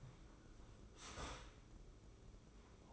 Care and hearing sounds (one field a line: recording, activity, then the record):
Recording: daily activity, microphone in the room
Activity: start toaster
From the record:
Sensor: 1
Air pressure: 995.3 hPa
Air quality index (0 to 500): 25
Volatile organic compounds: 0 ppm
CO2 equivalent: 502 ppm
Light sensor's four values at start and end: 14/48/17/18 and 14/49/17/18